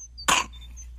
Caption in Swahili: Mbona kikohozi chake kinazidi? Unasikia anavyopumua haraka na kwa shida? Kwa anavyopumua inaweza kuwa pneumonia.